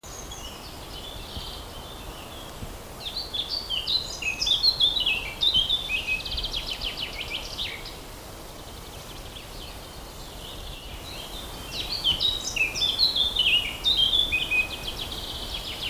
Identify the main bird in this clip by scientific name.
Sylvia atricapilla